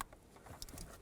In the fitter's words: Lock them in place and then push down on the retainers.